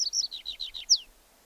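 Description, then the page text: Tree pipit song fragment: a short run of high chirping trill notes ending in one loud downward-sweeping whistle. "Звуки птиц - Лесной конек"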